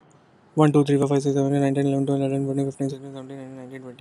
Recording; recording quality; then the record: counting at a fast pace; excellent, no background noise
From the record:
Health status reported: healthy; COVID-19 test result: negative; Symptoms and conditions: none ticked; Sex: male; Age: 30 years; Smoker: not ticked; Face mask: not worn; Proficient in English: yes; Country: India